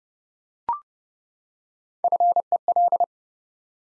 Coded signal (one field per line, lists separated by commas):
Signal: Morse code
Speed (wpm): 30 wpm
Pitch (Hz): 700 Hz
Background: none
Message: FEL